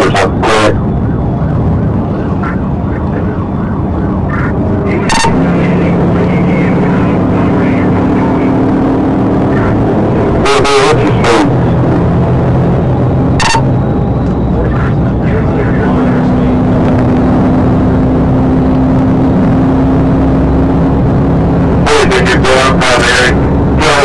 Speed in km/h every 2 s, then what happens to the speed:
127, 124, 126, 135, 155, 159, 163, 159, 169, 174, 180, 180.
4-24 speeds up to 180.